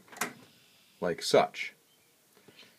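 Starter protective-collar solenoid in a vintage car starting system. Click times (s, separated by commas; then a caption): 0.2 s. Pressing the start button on a 1915 Overland Model 80 car energizes the starter safety solenoid, which pulls back the protective collar so the starter pinion can engage the flywheel; the solenoid exists to prevent the pinion being engaged accidentally while the engine is in motion. A sharp little click is heard at 0.2 s, and the collar is released. Someone then talks.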